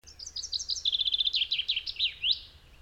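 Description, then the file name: Common chaffinch song phrase: rapid cheerful notes tumbling downward into a trill, closing with a rising terminal flourish, with a low rumble in the background. "Fringilla coelebs"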